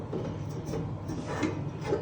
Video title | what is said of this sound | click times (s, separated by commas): ERATEC TAŞ FIRIN KUTU AÇILIŞI - PİZZA&LAHMACUN MAKİNASI #tanıtım #kutuaçılımı #eratectaşfırın | bir yerleştirme şeyi mi var Bir saniye tam oturmadı gibi | none